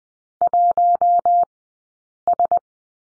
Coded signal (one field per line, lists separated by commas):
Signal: Morse code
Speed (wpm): 20 wpm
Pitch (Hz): 700 Hz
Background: none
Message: 1 S